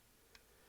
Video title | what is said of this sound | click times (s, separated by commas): Video Review: Fans Hobby MB-18 - ENERGY COMMANDER | and they all click into place now this doesn't spin freely | 0.4 s